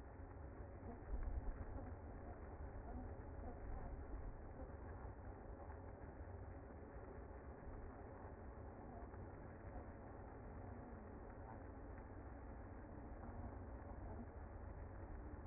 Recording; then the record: honeybee colony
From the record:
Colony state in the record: active